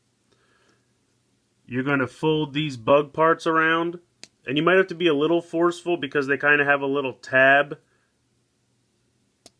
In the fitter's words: and you'll kind of hear a click when it's in place